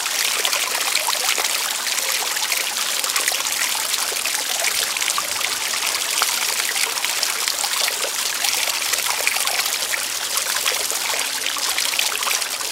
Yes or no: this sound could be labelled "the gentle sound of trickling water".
yes